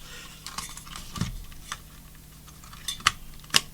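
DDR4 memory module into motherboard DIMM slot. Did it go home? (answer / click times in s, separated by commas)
yes / 3.1 s, 3.6 s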